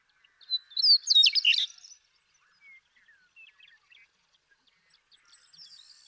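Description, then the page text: Western meadowlark singing one rich, bubbling phrase of rapid slurred whistles, followed by scattered soft, thin notes. Male western meadowlark in Sierra Valley, eastern California, 2018. "Birdsong for the Curious Naturalist. The joy of western meadowlark songs. Want to explore these western meadowlarks some more? Come along with me to Sierra Valley in eastern California where, during 2018, I just couldn't get enough of them"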